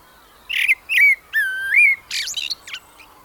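Blackbird giving one rich whistled phrase of slurred, warbling notes that ends in a squeaky, fast twittering tail.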